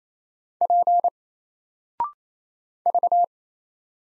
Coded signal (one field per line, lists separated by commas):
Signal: Morse code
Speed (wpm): 28 wpm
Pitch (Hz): 700 Hz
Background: none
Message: P V